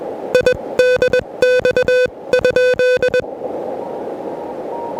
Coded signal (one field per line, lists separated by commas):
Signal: Morse code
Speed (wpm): 20 wpm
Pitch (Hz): 500 Hz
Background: music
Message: IDX?